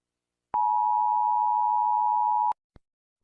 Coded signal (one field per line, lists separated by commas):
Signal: Emergency Alert System (SAME) tones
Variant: 853 and 960 Hz attention tone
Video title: rating EAS alarms part 1/10